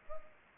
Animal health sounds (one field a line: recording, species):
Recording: mosquito wingbeat signal from an infrared sensor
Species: Anopheles arabiensis